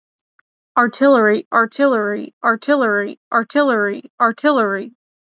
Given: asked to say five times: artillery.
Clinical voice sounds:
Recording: repeated word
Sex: female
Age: 20 to 29 years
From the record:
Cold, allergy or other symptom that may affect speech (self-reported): no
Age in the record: 28 years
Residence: Arkansas, United States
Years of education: 19

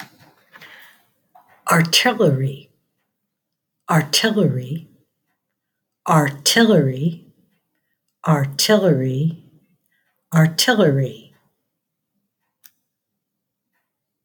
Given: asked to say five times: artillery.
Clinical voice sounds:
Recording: repeated word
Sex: female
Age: 50 to 59 years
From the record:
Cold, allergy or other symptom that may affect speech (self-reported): no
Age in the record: 59 years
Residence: United States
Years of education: 16

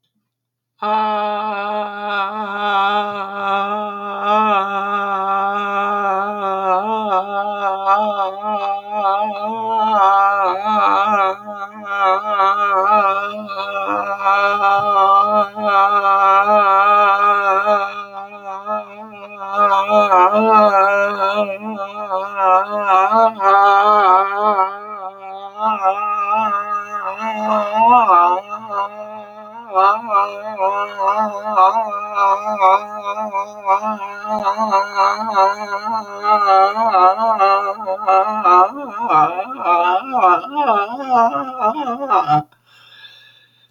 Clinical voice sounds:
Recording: vowel held as long as possible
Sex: female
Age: 80 to 89 years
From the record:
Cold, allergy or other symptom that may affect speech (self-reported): no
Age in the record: 80 years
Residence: Wisconsin, United States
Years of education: 25

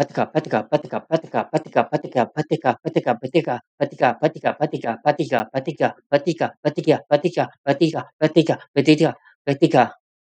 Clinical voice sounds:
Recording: repeated syllables /pa ta ka/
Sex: male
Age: 20 to 29 years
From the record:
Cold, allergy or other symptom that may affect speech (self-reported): no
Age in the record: 24 years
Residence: California, United States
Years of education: 16

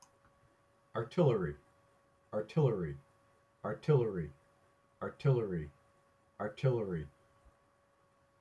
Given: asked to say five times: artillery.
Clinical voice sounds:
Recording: repeated word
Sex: male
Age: 50 to 59 years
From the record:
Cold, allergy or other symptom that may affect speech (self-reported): no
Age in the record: 55 years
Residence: New Hampshire, United States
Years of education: 16

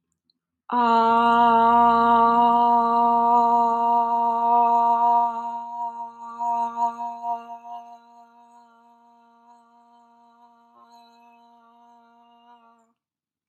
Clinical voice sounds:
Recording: vowel held as long as possible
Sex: female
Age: 20 to 29 years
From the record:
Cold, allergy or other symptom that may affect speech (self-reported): no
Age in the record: 27 years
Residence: Georgia, United States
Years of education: 19

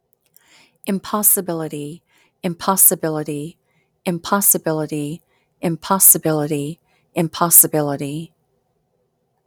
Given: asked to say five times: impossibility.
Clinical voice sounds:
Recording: repeated word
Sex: female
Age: 50 to 59 years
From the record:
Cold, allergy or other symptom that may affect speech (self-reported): no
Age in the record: 50 years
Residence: Georgia, United States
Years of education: 16

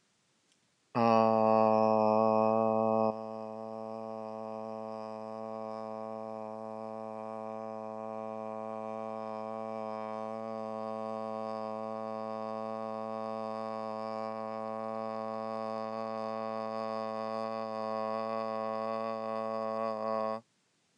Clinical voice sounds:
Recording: vowel held as long as possible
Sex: male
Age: 30 to 39 years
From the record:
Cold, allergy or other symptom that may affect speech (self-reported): no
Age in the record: 37 years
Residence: New York, United States

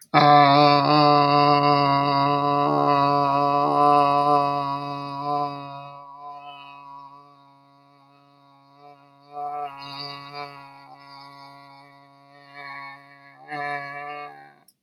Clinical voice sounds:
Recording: vowel held as long as possible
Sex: male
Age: 60 to 69 years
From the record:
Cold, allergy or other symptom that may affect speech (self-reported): no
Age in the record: 63 years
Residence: Pennsylvania, United States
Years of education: 16

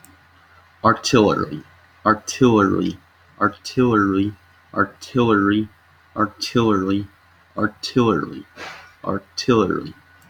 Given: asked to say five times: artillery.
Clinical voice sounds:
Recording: repeated word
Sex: male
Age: 30 to 39 years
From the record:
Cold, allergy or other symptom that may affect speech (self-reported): no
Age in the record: 36 years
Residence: Romania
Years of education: 16

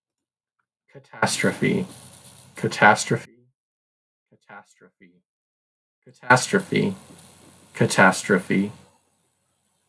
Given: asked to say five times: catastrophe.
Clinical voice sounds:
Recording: repeated word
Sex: male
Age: 30 to 39 years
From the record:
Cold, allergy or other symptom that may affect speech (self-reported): no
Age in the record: 35 years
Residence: California, United States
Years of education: 24

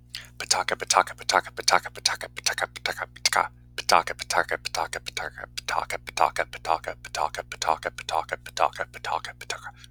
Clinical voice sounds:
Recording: repeated syllables /pa ta ka/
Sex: male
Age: 30 to 39 years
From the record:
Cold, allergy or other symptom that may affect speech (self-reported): no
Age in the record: 30 years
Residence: Washington, United States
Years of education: 12

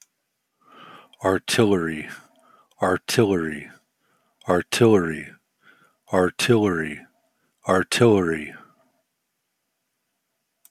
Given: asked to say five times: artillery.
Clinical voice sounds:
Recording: repeated word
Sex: male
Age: 40 to 49 years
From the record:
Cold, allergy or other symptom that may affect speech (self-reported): no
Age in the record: 49 years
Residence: California, United States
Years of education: 16

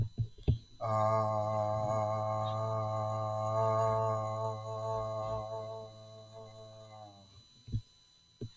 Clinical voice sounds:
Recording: vowel held as long as possible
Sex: male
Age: 30 to 39 years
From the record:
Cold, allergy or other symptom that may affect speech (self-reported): no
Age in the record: 36 years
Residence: Texas, United States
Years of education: 15

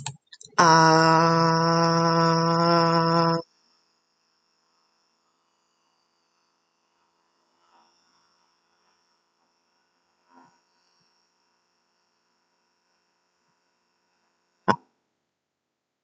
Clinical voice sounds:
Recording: vowel held as long as possible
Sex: female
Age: 20 to 29 years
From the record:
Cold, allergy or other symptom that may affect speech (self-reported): no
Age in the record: 24 years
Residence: Texas, United States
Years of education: 16

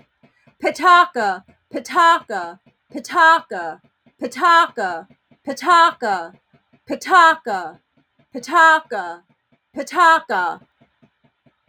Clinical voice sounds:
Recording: repeated syllables /pa ta ka/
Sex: female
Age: 50 to 59 years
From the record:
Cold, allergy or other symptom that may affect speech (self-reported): no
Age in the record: 58 years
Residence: Pennsylvania, United States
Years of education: 26

